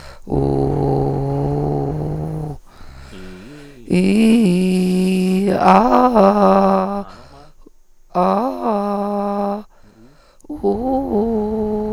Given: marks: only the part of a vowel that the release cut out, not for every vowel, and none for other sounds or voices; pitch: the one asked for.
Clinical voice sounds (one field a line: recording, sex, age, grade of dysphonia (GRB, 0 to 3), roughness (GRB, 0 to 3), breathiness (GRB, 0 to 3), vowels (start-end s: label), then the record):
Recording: sustained vowels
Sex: female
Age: 30 to 39 years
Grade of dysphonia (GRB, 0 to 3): 2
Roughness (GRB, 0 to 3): 2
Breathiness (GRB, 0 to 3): 1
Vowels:
0.42-1.87 s: vowel /u/, low pitch
4.02-5.21 s: vowel /i/, low-high-low pitch
8.24-9.45 s: vowel /a/, low-high-low pitch
10.67-11.74 s: vowel /u/, low-high-low pitch
From the record:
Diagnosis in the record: Reinke's edema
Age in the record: 34 years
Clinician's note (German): Zustand nach Abtragung, beidseitig vor etwa 14 Tagen, noch schwere Dysphonie